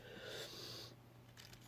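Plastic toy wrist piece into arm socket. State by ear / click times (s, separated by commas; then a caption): not seated / none. Someone handles the plastic hand/wrist piece of a Transformers Universe 2.0 Blades robot toy, fitting it toward its matching socket on the plastic arm. A steady hiss fills the first 0.9 seconds, then grows quieter, with two brief light ticks at 1.4 and 1.5 seconds. Nothing has seated or clicked into place yet.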